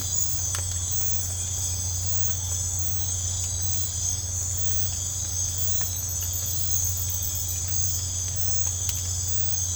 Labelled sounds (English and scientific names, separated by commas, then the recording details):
none
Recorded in pastures near Puerto Asís, Putumayo, Colombia, on 15 December 2024 at 04:30
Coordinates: 0.502, -76.324
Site G077